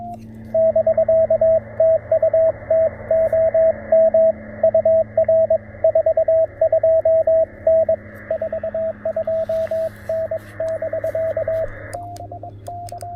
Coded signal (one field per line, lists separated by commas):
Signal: Morse code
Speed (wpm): 22 wpm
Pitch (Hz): 650 Hz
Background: radio noise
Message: <BK> TU TOM UR 42N 42N <BK>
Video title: Coffee and Morse Code: A Relaxing QRP POTA Activation at Clemmons Educational State Forest